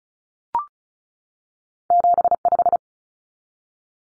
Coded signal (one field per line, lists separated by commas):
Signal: Morse code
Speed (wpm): 34 wpm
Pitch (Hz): 700 Hz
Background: none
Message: 75